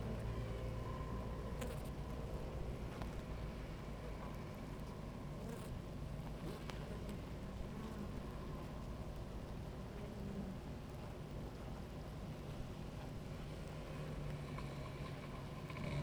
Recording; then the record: honeybee colony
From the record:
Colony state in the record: active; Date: 28 July 2017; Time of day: 17:08